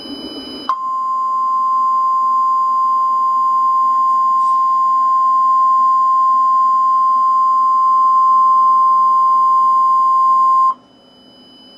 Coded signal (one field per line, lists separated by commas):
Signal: Emergency Alert System (SAME) tones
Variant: 1050 Hz attention tone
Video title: eas scenario catemojibabyheat part 12